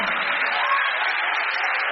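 A church audience applauds for Jesus Christ in a steady, dense wash of clapping that holds an even loudness for the full two seconds, with no pauses or clear individual claps standing out.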